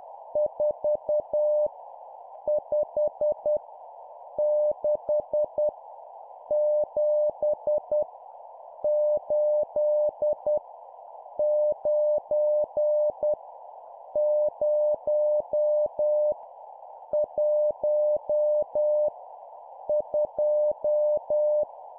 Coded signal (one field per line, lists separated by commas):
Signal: Morse code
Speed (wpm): 10 wpm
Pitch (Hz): 600 Hz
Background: none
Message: 4 5 6 7 8 9 0 1 2